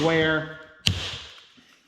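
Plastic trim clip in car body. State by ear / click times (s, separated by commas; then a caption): released / 0.9 s. Plastic rear trim is pried off a car, working from the bottom up toward the center, while someone talks. At 0.9 s a sharp snap rings out as the plastic trim clip at the center pops loose from the car body, releasing the trim.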